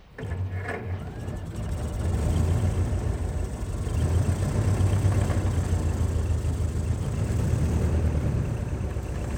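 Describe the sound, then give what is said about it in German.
A car engine is restarted. It turns over and catches, then settles into a steady low rumble that swells slightly a few seconds in and keeps running throughout. “Ich warf den Wagen wieder an.”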